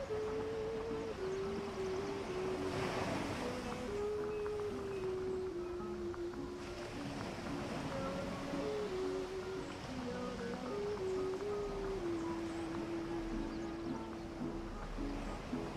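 Ocean waves make a steady, dense roar that holds through the whole clip, with a brighter surge of surf around three seconds. Underneath, a low, sustained tone like a motor drones continuously, sliding down in small steps.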